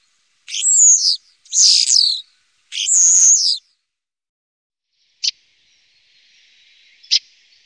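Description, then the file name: Common starling song: three loud, rasping, buzzy phrases in quick succession, followed by silence and two brief sharp clicks. "Stare"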